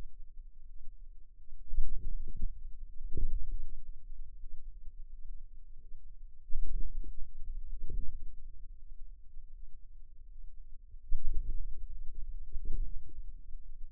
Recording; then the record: forearm muscle sounds (acoustic myography)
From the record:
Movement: hand closing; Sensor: system 2, bracelet of six BSWA MPA416 microphones around the upper forearm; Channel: 6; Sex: female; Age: 23 years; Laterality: right